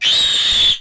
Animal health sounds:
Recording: pig call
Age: piglet (1 to 25 days)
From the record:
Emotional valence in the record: negative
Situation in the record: castration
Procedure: castration, fixation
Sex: male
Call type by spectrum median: high-frequency call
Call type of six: high-frequency modulated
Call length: 0.81 s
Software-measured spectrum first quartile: 3289 Hz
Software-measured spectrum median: 3702 Hz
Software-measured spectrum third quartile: 4732 Hz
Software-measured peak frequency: 3479 Hz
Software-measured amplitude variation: 73 dB a second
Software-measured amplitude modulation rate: 25.3 a second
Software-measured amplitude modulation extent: 2.9 dB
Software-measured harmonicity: 7.1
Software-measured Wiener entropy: -2.64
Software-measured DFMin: 1015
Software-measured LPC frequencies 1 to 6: 1916, 3690, 7479, 10467, 11129, 13123 Hz

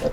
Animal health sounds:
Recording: pig call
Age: piglet (1 to 25 days)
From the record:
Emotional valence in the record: positive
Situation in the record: reunion after long isolation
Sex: female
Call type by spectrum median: low-frequency call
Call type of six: low-frequency tonal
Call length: 0.13 s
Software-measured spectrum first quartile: 217 Hz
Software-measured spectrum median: 479 Hz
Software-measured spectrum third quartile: 632 Hz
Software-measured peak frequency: 518 Hz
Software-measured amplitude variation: 174 dB a second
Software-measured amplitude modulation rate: 11.2 a second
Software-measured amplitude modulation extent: 15.6 dB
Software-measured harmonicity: 4.6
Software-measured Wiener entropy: -0.73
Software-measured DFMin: 744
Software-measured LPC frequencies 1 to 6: 526, 1744, 2757, 3663, 5090, 6005 Hz

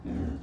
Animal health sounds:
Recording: pig call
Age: growing-finishing pig (85 days or more)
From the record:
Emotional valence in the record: negative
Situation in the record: barren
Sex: female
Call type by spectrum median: low-frequency call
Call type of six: low-frequency stable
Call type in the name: low-frequency stable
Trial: 1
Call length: 0.44 s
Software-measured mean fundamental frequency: 57 Hz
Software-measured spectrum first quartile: 94 Hz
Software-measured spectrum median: 200 Hz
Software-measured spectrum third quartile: 309 Hz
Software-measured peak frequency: 262 Hz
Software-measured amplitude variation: 154 dB a second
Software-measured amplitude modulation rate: 27.5 a second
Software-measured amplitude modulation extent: 5.6 dB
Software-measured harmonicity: -0.9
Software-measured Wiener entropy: -0.01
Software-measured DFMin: 1110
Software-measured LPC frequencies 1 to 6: 255, 1685, 2579, 3509, 4504, 5666 Hz

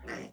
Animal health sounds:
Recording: pig call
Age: piglet (1 to 25 days)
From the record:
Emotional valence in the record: negative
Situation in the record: castration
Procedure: castration, cut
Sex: male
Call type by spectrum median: low-frequency call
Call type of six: low-frequency tonal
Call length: 0.32 s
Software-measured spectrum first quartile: 353 Hz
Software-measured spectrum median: 916 Hz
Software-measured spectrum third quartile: 2052 Hz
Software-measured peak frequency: 333 Hz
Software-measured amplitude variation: 121 dB a second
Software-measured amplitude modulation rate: 21.6 a second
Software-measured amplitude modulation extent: 5.6 dB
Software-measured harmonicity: -0.7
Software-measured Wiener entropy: -1.48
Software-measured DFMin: 808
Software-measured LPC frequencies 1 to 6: 479, 1929, 2631, 4765, 5607, 7366 Hz

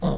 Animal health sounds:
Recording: pig call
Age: piglet (1 to 25 days)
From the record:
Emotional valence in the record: negative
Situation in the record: long isolation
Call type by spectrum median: low-frequency call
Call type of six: low-frequency modulated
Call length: 0.18 s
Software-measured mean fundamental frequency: 71 Hz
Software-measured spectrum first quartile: 152 Hz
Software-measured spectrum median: 307 Hz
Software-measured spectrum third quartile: 759 Hz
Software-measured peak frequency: 173 Hz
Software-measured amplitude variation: 100 dB a second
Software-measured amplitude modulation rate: 13.6 a second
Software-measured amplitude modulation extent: 7.4 dB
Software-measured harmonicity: 2.4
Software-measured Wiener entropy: -0.75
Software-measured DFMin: 1334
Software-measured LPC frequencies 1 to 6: 539, 3644, 4258, 5549, 6454, 7747 Hz

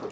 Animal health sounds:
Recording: pig call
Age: piglet (1 to 25 days)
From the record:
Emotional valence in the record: positive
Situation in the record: huddling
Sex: male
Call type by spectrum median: low-frequency call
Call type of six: low-frequency stable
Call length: 0.11 s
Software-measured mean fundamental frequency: 53 Hz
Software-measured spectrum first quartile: 385 Hz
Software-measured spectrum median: 528 Hz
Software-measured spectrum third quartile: 1165 Hz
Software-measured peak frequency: 419 Hz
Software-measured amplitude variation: 123 dB a second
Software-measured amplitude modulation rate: 13.1 a second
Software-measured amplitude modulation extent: 9.4 dB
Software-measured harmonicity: 2.2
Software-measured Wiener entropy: -0.79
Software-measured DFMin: 1061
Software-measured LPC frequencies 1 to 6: 457, 1160, 2652, 3560, 4427, 5580 Hz

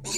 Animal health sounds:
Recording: pig call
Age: weaner (32 to 43 days)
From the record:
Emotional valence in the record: negative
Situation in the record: short isolation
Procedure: open field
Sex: female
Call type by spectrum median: high-frequency call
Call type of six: high-frequency stable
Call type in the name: high-frequency stable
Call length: 0.18 s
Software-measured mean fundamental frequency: 262 Hz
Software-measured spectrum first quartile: 2302 Hz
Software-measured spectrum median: 4909 Hz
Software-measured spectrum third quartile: 7078 Hz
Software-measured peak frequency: 6938 Hz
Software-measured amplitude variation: 83 dB a second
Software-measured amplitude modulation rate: 5.6 a second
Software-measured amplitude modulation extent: 14.6 dB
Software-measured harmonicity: 2.8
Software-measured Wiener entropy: -3.11

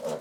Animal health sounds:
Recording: pig call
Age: piglet (1 to 25 days)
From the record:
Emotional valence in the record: negative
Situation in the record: missed nursing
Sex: male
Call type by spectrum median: low-frequency call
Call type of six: low-frequency stable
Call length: 0.21 s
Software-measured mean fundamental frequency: 57 Hz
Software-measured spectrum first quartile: 497 Hz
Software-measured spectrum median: 644 Hz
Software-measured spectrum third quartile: 1747 Hz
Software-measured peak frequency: 543 Hz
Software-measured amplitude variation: 118 dB a second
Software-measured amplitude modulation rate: 7.1 a second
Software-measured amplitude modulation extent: 16.8 dB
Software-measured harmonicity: 4.7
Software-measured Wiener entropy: -1.68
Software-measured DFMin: 1143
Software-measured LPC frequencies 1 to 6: 556, 3008, 4008, 4959, 5792, 6300 Hz

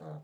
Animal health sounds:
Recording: pig call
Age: piglet (1 to 25 days)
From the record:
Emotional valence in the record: negative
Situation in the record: long isolation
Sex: female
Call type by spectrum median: low-frequency call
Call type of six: low-frequency stable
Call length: 0.24 s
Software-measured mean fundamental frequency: 77 Hz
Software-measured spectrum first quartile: 155 Hz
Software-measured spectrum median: 301 Hz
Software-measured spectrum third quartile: 608 Hz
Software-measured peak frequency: 460 Hz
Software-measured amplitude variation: 85 dB a second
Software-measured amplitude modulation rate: 12.5 a second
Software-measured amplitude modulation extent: 6.8 dB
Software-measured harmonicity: 2.9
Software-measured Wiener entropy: -0.22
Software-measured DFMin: 1654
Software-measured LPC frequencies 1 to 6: 597, 3842, 6481, 7554, 8662, 10823 Hz

